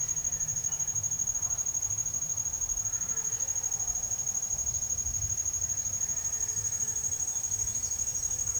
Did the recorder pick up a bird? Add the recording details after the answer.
no. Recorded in pastures near Puerto Asís, Putumayo, Colombia, on 9 March 2025 at 13:00. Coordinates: 0.497, -76.327. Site G072